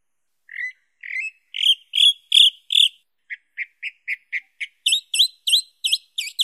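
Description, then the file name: Chalk-browed mockingbird singing in repeated sets: rich whistled notes given several times, then a run of short chips, then sharp down-up notes repeated about every third of a second. "sabia do campo"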